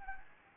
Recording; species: mosquito wingbeat signal from an infrared sensor; Anopheles gambiae